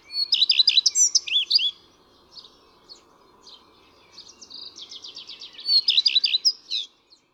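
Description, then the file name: Common redstart giving two loud songs with softer scratchy notes between. Each has rapid repeated V-shaped whistles and a chattering, varied ending, over a faint steady hum. "Pleszka"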